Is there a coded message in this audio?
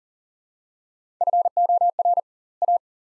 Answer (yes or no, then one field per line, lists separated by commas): yes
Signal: Morse code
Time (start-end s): 1.2-2.8 s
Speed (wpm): 40 wpm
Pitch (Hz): 700 Hz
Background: none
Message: FOR A